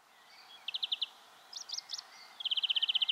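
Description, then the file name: European greenfinch calls: a short burst of rapid trilled notes, then a few twittering chirps, and a longer fast trill at the end, over steady background noise. "Chloris chloris"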